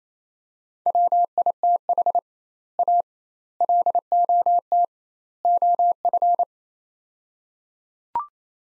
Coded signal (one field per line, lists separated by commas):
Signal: Morse code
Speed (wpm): 28 wpm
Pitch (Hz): 700 Hz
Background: none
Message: WITH A LOT OF